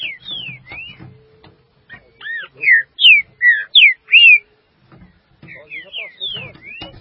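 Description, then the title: Green-winged saltator song: loud whistled phrases of arched and down-slurred notes in quick bursts, separated by softer clicks and low rustling. "Trinca Ferro"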